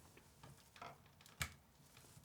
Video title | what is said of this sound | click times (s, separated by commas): Step by Step PC Build: NZXT H9 Flow RGB+ [9070 XT & 9800X3D] | And you guys heard the click. | 1.4 s